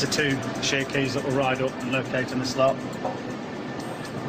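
A metal component in a jet engine assembly is being fitted so that two keys ride up and locate in a slot, while someone talks over music playing underneath. Nothing has seated or clicked into the slot yet.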